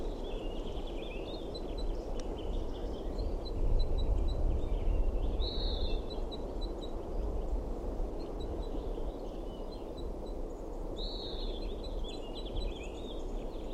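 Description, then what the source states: Red Crossbill begging calls, a run of short high chips with louder buzzy bursts near six and eleven seconds, over a steady low rumbling background. Female begging at a nest about 3 meters out on a branch pointing southwest, in the morning; the male has gone.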